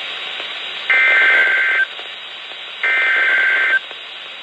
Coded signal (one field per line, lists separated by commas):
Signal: Emergency Alert System (SAME) tones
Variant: header bursts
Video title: Doubleheader High Wind Warning [EAS #289-290]